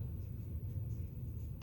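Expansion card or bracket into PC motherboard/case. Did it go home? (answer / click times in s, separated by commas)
no / none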